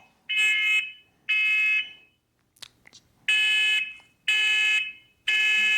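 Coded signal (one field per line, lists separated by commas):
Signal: alarm pattern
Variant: smoke alarm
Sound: loud buzzing alarm beeps: two, a pause, then three in steady rhythm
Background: brief room noise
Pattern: temporal three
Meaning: Temporal-3 means smoke or fire detected; evacuate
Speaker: So the difference there is the temporal 3, the 3 beeps for smoke, and then the temporal 4 beeps for carbon monoxide.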